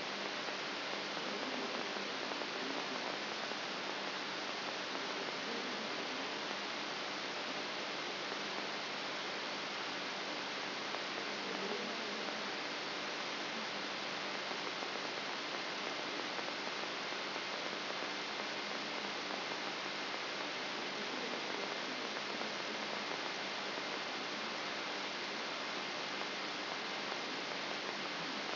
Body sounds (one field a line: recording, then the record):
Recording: brain microelectrode recording played as sound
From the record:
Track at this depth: outside the subthalamic nucleus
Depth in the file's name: 6.501 mm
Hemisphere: left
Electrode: 3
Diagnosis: Parkinson's disease